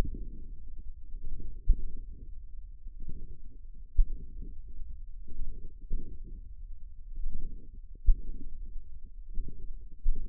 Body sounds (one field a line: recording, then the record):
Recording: forearm muscle sounds (acoustic myography)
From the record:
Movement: wrist extension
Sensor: system 1, eight BSWA MPA416 microphones around the upper forearm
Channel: 8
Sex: male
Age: 54 years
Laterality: right